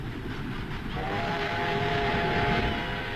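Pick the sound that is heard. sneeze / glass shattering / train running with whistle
train running with whistle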